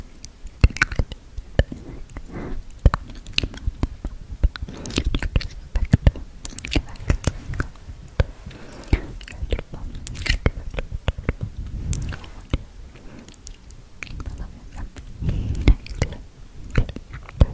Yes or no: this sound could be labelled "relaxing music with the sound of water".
no